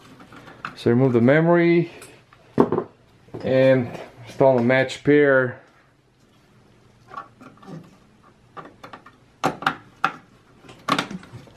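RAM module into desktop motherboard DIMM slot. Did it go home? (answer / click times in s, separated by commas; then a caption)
yes / 9.7 s, 10.0 s. A desktop RAM stick is pressed down into its DIMM slot on a Dell XPS 8900 motherboard until both retention clips snap shut, giving two clicks at 9.7 s and 10.1 s that show the module is seated. Someone talks during the first half, and there are a few quieter handling taps before the clicks.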